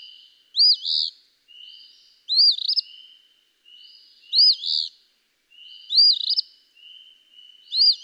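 Eastern phoebe delivering five husky two-part phrases in steady succession, with faint buzzing between.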